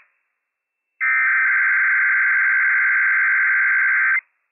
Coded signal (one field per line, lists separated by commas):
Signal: Emergency Alert System (SAME) tones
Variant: header bursts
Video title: Inland Northwest RWT - WWF56 - EAS #179 - 8:36 AM PDT 10/15/21